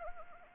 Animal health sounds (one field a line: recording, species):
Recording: mosquito wingbeat signal from an infrared sensor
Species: Anopheles arabiensis